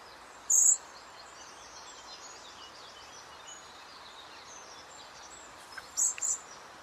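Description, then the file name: Common blackbird calls: a thin, very high note near the start, then two more short high notes close together near the end, over constant background hiss. "Turdus merula"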